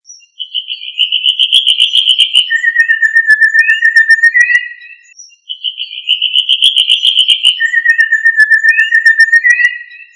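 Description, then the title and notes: Bird song: a whistled phrase, a buzzy note followed by a long, lower, level whistle with short upslurs, given twice with a brief pause. Indonesian bird song. "Kumpulan Kicau Burung Indonesia"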